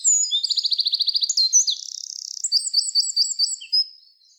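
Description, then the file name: Eurasian wren delivering a shrill, rapid trill, then a run of high twitters and a buzzy rattle, finishing with evenly spaced sharp notes that fade out. "Troglodytes troglodytes"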